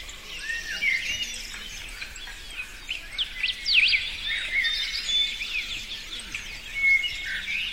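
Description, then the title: Forest birds singing, a chorus of overlapping whistles and chirps with sharp rising and falling notes over a steady high hiss. Forest setting. "森林鸟鸣声"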